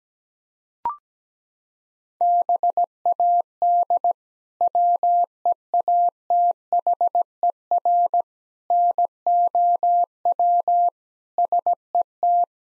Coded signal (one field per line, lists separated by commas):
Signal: Morse code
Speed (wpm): 17 wpm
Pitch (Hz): 700 Hz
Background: none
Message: BAD WEATHER NOW SET